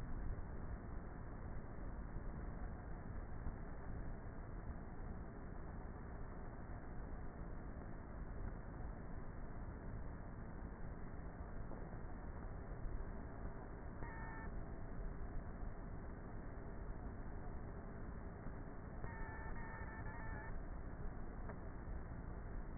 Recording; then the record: honeybee colony, microphone inside the hive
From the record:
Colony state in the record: queenless with a low population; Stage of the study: before two queens were removed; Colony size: about 30,000 bees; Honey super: no